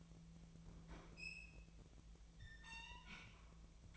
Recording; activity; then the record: daily activity, microphone in the room; open fridge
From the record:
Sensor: 1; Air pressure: 1009.7 hPa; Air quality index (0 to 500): 192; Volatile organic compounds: 18 ppm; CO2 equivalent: 2632 ppm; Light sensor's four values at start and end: 33/83/35/42 and 33/83/35/42